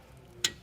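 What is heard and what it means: A brake caliper guide bolt on a 2002–2005 Mk4 Volkswagen Golf GTI front brake is pressed in by hand until it engages the threaded portion of the caliper carrier. Against a faint low background, a single sharp, bright click sounds at 0.5 s. The bolt is seated and engaged in the carrier threads, ready to be started by hand.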